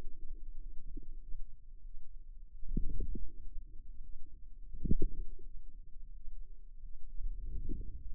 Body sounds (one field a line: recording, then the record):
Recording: forearm muscle sounds (acoustic myography)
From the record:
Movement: outward rotation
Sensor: system 2, bracelet of six BSWA MPA416 microphones around the upper forearm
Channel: 3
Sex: female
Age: 23 years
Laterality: right